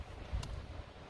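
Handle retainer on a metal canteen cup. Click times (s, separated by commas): 0.4 s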